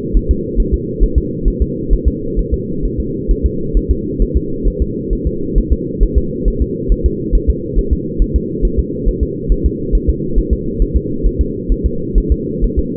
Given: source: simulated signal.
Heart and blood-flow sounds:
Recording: fetal heart sounds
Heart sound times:
0.17 s: S1
0.31 s: S2
0.60 s: S1
0.74 s: S2
1.03 s: S1
1.18 s: S2
1.48 s: S1
1.62 s: S2
1.93 s: S1
2.08 s: S2
2.39 s: S1
2.54 s: S2
2.85 s: S1
3.00 s: S2
3.31 s: S1
3.46 s: S2
3.77 s: S1
3.91 s: S2
4.22 s: S1
4.37 s: S2
4.68 s: S1
4.82 s: S2
5.13 s: S1
5.27 s: S2
5.58 s: S1
5.73 s: S2
6.03 s: S1
6.18 s: S2
6.48 s: S1
6.62 s: S2
6.92 s: S1
7.06 s: S2
7.35 s: S1
7.50 s: S2
7.78 s: S1
7.93 s: S2
8.22 s: S1
8.36 s: S2
8.65 s: S1
8.80 s: S2
9.09 s: S1
9.23 s: S2
9.52 s: S1
9.66 s: S2
9.95 s: S1
10.09 s: S2
10.39 s: S1
10.53 s: S2
10.82 s: S1
10.97 s: S2
11.27 s: S1
11.41 s: S2
11.72 s: S1
11.86 s: S2
12.18 s: S1
12.32 s: S2
12.64 s: S1
12.79 s: S2
From the record:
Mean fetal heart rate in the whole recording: 135 bpm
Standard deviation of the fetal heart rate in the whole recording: 3 bpm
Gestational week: 36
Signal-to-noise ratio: -6.6 dB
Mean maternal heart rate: 72 bpm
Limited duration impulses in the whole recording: present

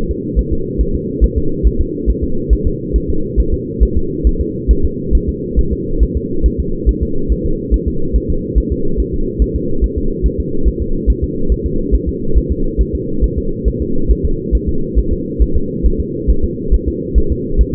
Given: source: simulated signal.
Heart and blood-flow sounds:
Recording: fetal heart sounds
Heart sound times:
0.11 s: S2
0.39 s: S1
0.53 s: S2
0.81 s: S1
0.95 s: S2
1.24 s: S1
1.38 s: S2
1.67 s: S1
1.81 s: S2
2.10 s: S1
2.24 s: S2
2.53 s: S1
2.67 s: S2
2.96 s: S1
3.10 s: S2
3.40 s: S1
3.54 s: S2
3.83 s: S1
3.97 s: S2
4.27 s: S1
4.41 s: S2
4.71 s: S1
4.85 s: S2
5.15 s: S1
5.29 s: S2
5.59 s: S1
5.73 s: S2
6.03 s: S1
6.17 s: S2
6.46 s: S1
6.60 s: S2
6.89 s: S1
7.03 s: S2
7.32 s: S1
7.46 s: S2
7.74 s: S1
7.88 s: S2
8.16 s: S1
8.30 s: S2
8.58 s: S1
8.72 s: S2
9.00 s: S1
9.14 s: S2
9.42 s: S1
9.56 s: S2
9.84 s: S1
9.98 s: S2
10.26 s: S1
10.40 s: S2
10.68 s: S1
10.82 s: S2
11.10 s: S1
11.24 s: S2
11.52 s: S1
11.66 s: S2
11.95 s: S1
12.09 s: S2
12.38 s: S1
12.52 s: S2
12.81 s: S1
12.95 s: S2
13.24 s: S1
13.38 s: S2
13.68 s: S1
13.82 s: S2
14.11 s: S1
14.25 s: S2
14.55 s: S1
14.69 s: S2
14.98 s: S1
15.13 s: S2
15.42 s: S1
15.56 s: S2
15.86 s: S1
16.00 s: S2
16.30 s: S1
16.44 s: S2
16.74 s: S1
16.88 s: S2
17.18 s: S1
17.32 s: S2
17.61 s: S1
17.75 s: S2
From the record:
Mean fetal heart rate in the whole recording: 140 bpm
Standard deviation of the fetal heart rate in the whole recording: 2 bpm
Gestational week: 34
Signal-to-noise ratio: -8.1 dB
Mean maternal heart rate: 72 bpm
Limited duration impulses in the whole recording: absent

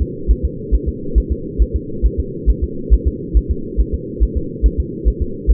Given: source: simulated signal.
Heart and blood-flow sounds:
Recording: fetal heart sounds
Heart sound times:
0.02 s: S2
0.31 s: S1
0.45 s: S2
0.75 s: S1
0.89 s: S2
1.18 s: S1
1.32 s: S2
1.62 s: S1
1.76 s: S2
2.06 s: S1
2.20 s: S2
2.50 s: S1
2.64 s: S2
2.94 s: S1
3.08 s: S2
3.37 s: S1
3.51 s: S2
3.81 s: S1
3.95 s: S2
4.23 s: S1
4.37 s: S2
4.66 s: S1
4.80 s: S2
5.08 s: S1
5.22 s: S2
5.51 s: S1
From the record:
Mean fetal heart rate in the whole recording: 140 bpm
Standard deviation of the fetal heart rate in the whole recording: 2 bpm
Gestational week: 34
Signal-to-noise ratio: -4.3 dB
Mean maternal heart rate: 72 bpm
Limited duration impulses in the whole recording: absent

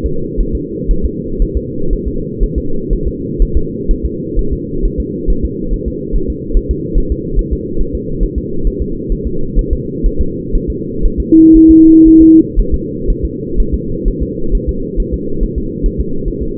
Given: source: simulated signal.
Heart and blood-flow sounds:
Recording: fetal heart sounds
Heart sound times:
0.06 s: S2
0.40 s: S1
0.55 s: S2
0.91 s: S1
1.05 s: S2
1.42 s: S1
1.57 s: S2
1.93 s: S1
2.07 s: S2
2.43 s: S1
2.58 s: S2
2.93 s: S1
3.07 s: S2
3.42 s: S1
3.57 s: S2
3.91 s: S1
4.05 s: S2
4.39 s: S1
4.53 s: S2
4.85 s: S1
5.00 s: S2
5.30 s: S1
5.45 s: S2
5.73 s: S1
5.88 s: S2
6.16 s: S1
6.30 s: S2
6.57 s: S1
6.71 s: S2
6.98 s: S1
7.12 s: S2
7.39 s: S1
7.53 s: S2
7.81 s: S1
7.95 s: S2
8.23 s: S1
8.38 s: S2
8.67 s: S1
8.82 s: S2
9.12 s: S1
9.27 s: S2
9.59 s: S1
9.73 s: S2
10.06 s: S1
10.21 s: S2
10.55 s: S1
10.70 s: S2
11.06 s: S1
11.20 s: S2
11.56 s: S1
11.71 s: S2
12.08 s: S1
12.22 s: S2
12.59 s: S1
12.74 s: S2
13.10 s: S1
13.25 s: S2
13.60 s: S1
13.74 s: S2
14.08 s: S1
14.22 s: S2
14.55 s: S1
14.69 s: S2
15.00 s: S1
15.14 s: S2
15.43 s: S1
15.58 s: S2
15.86 s: S1
16.00 s: S2
16.28 s: S1
16.42 s: S2
From the record:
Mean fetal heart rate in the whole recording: 130 bpm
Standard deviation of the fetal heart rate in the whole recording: 4 bpm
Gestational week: 38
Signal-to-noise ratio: -8.1 dB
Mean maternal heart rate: 72 bpm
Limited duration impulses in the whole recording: present

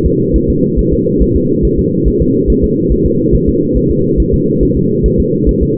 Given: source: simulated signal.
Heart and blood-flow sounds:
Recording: fetal heart sounds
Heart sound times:
0.06 s: S2
0.36 s: S1
0.50 s: S2
0.79 s: S1
0.93 s: S2
1.22 s: S1
1.37 s: S2
1.65 s: S1
1.79 s: S2
2.08 s: S1
2.22 s: S2
2.50 s: S1
2.64 s: S2
2.92 s: S1
3.06 s: S2
3.35 s: S1
3.49 s: S2
3.77 s: S1
3.91 s: S2
4.20 s: S1
4.34 s: S2
4.63 s: S1
4.77 s: S2
5.06 s: S1
5.20 s: S2
5.49 s: S1
5.63 s: S2
From the record:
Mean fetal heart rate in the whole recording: 140 bpm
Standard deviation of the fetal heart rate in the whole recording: 2 bpm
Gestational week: 34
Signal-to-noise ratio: -11.2 dB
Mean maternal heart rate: 72 bpm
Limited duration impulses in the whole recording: present

